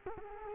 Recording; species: mosquito wingbeat signal from an infrared sensor; Culex quinquefasciatus